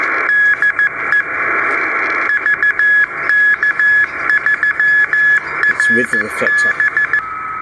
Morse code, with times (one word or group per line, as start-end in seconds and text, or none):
0.3-1.2 DE
2.3-7.2 VK3RB